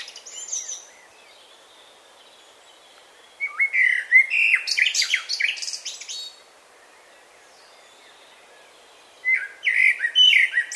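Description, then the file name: Common blackbird song: a brief high twitter, then after a pause a long warbled phrase of fluty notes and squeaky trills, and another phrase beginning near the end. "Turdus merula"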